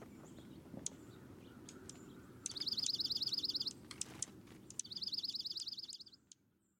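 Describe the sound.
Dark-eyed Junco trills: two quick, high runs of evenly repeated notes over a soft background hiss.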